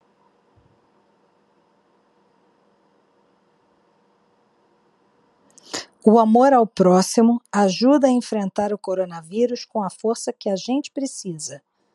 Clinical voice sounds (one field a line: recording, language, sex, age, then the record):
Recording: spoken sentence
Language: Brazilian Portuguese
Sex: female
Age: 50 to 59 years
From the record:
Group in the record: control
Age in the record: 52 years